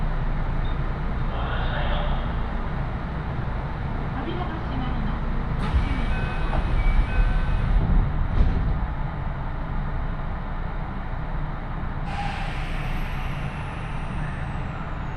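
A train ride on a Japanese railway, filled with a steady low rumble and rattle from start to finish. Faint voices and short squeaks surface now and then, and near the end a thin high whine slowly glides downward.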